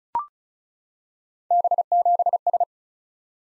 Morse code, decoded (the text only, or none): B7S